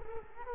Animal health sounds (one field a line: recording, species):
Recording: mosquito wingbeat signal from an infrared sensor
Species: Culex quinquefasciatus